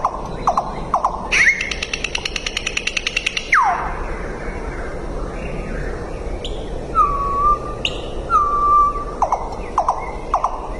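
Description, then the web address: Common nightingale song: a few short notes, a rapid machine-gun clicking trill, a downward sweep, then two clear whistled notes and short chips, with background hiss throughout. "Sedaye Bolbol Hezar Dastan. صدای-بلبل-هزار-دستان"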